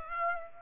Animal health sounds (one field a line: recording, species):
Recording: mosquito wingbeat signal from an infrared sensor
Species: Aedes aegypti